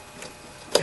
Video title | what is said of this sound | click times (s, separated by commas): Replace Spark Plugs 2005-2014 Toyota Tacoma 4.0 Liter | when you push them on you push it in you'll hear it snap in | 0.8 s